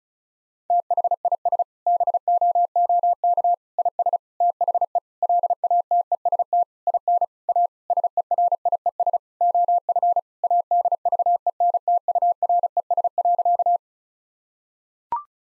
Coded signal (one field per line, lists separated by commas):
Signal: Morse code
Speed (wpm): 36 wpm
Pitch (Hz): 700 Hz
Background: none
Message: THIS BOOK IS THE LATEST IN A SERIES OF ADVENTURES.